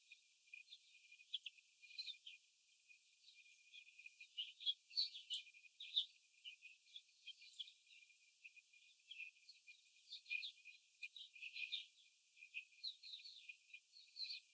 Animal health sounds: young laying hens in a cage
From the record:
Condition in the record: after the stressor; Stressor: simulated dog barking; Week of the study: 4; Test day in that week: 3

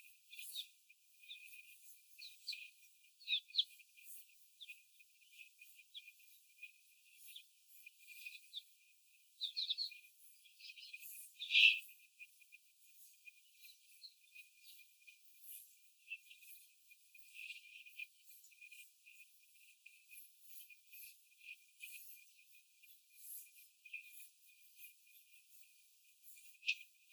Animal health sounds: young laying hens in a cage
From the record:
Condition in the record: before the stressor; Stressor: simulated dog barking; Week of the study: 4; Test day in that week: 1

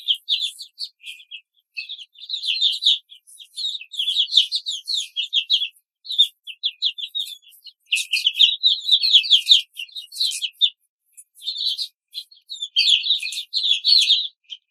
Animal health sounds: young laying hens in a cage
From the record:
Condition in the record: control cage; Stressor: none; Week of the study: 5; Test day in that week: 1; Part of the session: 2

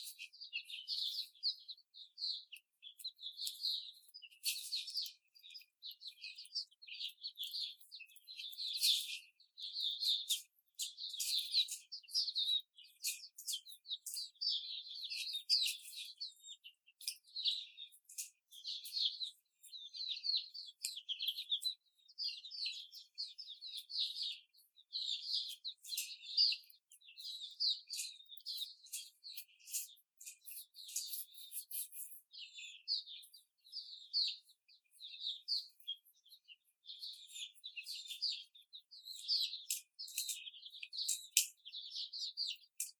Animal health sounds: young laying hens in a cage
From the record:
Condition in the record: before the stressor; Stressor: simulated dog barking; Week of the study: 4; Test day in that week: 2

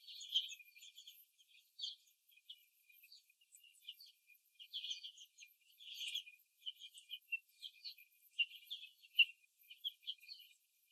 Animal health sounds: young laying hens in a cage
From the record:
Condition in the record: after the stressor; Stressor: simulated dog barking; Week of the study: 2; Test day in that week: 3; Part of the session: 1

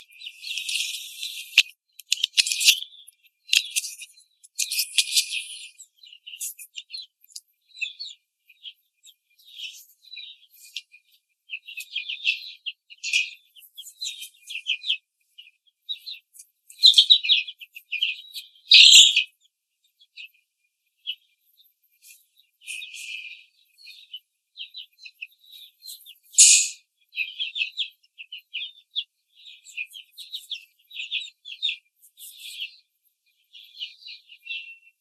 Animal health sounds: young laying hens in a cage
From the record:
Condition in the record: control cage, before the stress test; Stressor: none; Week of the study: 4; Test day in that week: 3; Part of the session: 1

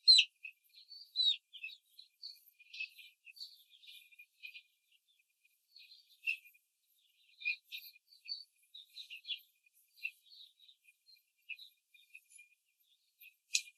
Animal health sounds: young laying hens in a cage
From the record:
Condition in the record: control cage, after the stress test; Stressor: none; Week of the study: 4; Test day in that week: 1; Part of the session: 3

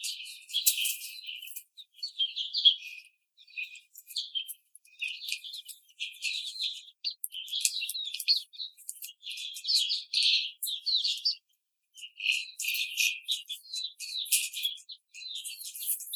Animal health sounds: young laying hens in a cage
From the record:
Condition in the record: treatment cage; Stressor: simulated dog barking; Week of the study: 5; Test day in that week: 1

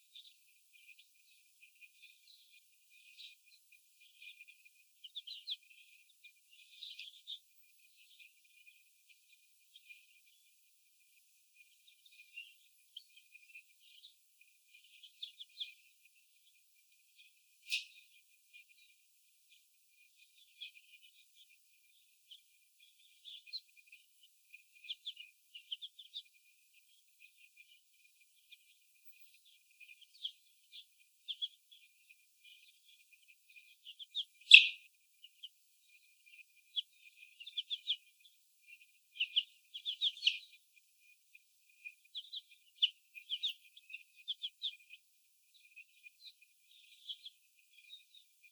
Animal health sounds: young laying hens in a cage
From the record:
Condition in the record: after the stressor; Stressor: sudden umbrella opening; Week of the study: 2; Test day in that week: 1

